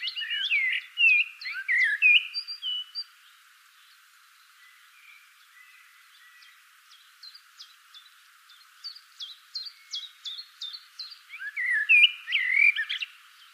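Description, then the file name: Common blackbird song with a fluty warbled phrase and squeaky twitters over the first three seconds, sparse faint chirps through the middle, and a second phrase around twelve seconds. "Turdus merula"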